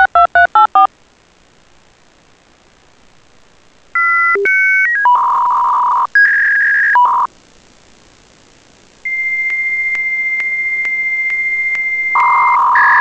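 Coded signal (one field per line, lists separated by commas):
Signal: dial-up modem handshake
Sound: quick dialing beeps, chirpy tones, warbling data, a long steady answer tone, then hiss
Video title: ReSynthDef #1: dialup modem synthesis (SuperCollider)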